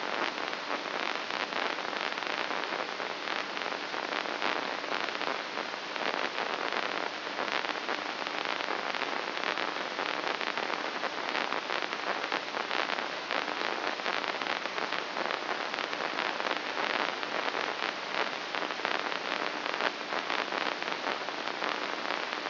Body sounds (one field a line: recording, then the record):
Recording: brain microelectrode recording played as sound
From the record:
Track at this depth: outside the subthalamic nucleus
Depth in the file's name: 3.044 mm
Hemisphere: left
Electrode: 2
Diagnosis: Parkinson's disease